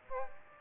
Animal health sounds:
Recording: mosquito wingbeat signal from an infrared sensor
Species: Aedes aegypti

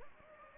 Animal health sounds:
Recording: mosquito wingbeat signal from an infrared sensor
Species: Anopheles gambiae

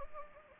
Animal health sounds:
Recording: mosquito wingbeat signal from an infrared sensor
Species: Anopheles gambiae

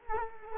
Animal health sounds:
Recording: mosquito wingbeat signal from an infrared sensor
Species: Culex quinquefasciatus

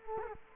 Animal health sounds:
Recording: mosquito wingbeat signal from an infrared sensor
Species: Culex quinquefasciatus

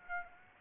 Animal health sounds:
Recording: mosquito wingbeat signal from an infrared sensor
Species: Aedes aegypti

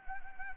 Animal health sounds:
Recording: mosquito wingbeat signal from an infrared sensor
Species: Anopheles arabiensis

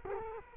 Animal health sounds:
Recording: mosquito wingbeat signal from an infrared sensor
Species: Culex quinquefasciatus

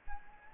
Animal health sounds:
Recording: mosquito wingbeat signal from an infrared sensor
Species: Anopheles gambiae

